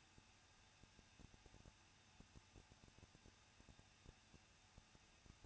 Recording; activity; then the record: daily activity, microphone in the room; no activity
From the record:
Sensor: 2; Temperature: 21.0 degrees Celsius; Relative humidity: 37.3%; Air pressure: 1006.2 hPa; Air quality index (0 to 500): 221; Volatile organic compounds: 24 ppm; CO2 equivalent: 2800 ppm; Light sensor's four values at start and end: 2/3/2/2 and 2/3/2/2